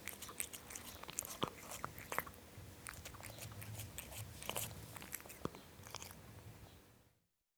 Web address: BBC Sound Effects Library Cats Cat Drinking Milk